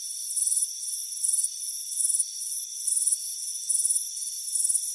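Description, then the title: Cricket chirps in short shrill pulsed bursts above a continuous high buzzing chorus. "Soothing Crickets Chirping Sound"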